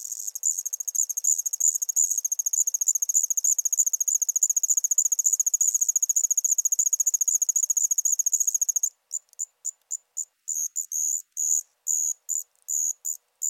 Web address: Crickets and Katydids. Allard's Ground Cricket, Allonemobius allardi